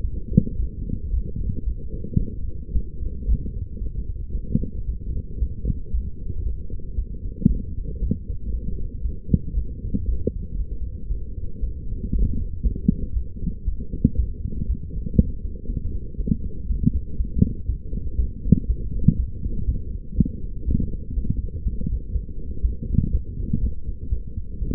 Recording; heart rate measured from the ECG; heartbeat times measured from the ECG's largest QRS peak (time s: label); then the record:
heart sounds by stethoscope; 117 bpm
0.01 s: heartbeat
0.56 s: heartbeat
1.11 s: heartbeat
1.64 s: heartbeat
2.18 s: heartbeat
2.72 s: heartbeat
3.26 s: heartbeat
3.79 s: heartbeat
4.32 s: heartbeat
4.86 s: heartbeat
5.39 s: heartbeat
5.91 s: heartbeat
6.43 s: heartbeat
6.95 s: heartbeat
7.48 s: heartbeat
8.00 s: heartbeat
8.51 s: heartbeat
9.02 s: heartbeat
9.55 s: heartbeat
10.06 s: heartbeat
10.57 s: heartbeat
11.08 s: heartbeat
11.60 s: heartbeat
12.12 s: heartbeat
12.63 s: heartbeat
13.14 s: heartbeat
13.65 s: heartbeat
14.16 s: heartbeat
14.67 s: heartbeat
15.17 s: heartbeat
15.67 s: heartbeat
16.17 s: heartbeat
16.67 s: heartbeat
17.17 s: heartbeat
17.67 s: heartbeat
18.16 s: heartbeat
18.67 s: heartbeat
19.17 s: heartbeat
19.66 s: heartbeat
20.16 s: heartbeat
20.65 s: heartbeat
21.15 s: heartbeat
21.64 s: heartbeat
22.13 s: heartbeat
22.62 s: heartbeat
23.12 s: heartbeat
23.61 s: heartbeat
24.10 s: heartbeat
24.59 s: heartbeat
From the record:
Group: healthy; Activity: light exercise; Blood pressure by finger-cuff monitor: 126/88 mmHg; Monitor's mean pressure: 103 mmHg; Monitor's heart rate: 116 bpm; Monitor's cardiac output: 8.7 L/min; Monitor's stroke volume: 75 mL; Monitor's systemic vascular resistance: 890 dyn s/cm5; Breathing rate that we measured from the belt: 13 breaths a minute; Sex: female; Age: 22 years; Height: 161 cm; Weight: 65.5 kg